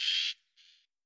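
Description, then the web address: Eurasian magpie giving one loud, harsh rasping note followed by a fainter rasp. "IVN Zangvogels. Ekster"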